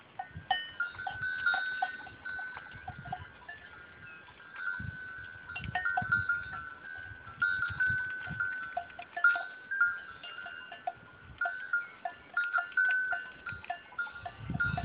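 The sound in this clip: Goats bleating, long calls held at a steady pitch throughout, with soft low thumps beneath.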